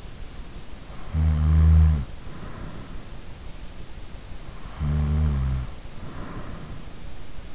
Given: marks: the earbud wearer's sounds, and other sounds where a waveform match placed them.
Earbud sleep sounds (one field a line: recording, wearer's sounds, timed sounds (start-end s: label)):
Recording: sounds in sleep by an in-ear microphone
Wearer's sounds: snoring breath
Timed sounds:
0.93-3.33 s: snoring breath
4.70-7.20 s: snoring breath